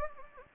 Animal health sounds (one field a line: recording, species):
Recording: mosquito wingbeat signal from an infrared sensor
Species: Anopheles gambiae